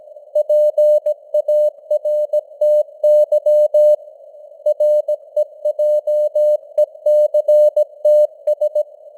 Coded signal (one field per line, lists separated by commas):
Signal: Morse code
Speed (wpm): 17 wpm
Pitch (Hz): 600 Hz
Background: none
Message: PARTY REJECTS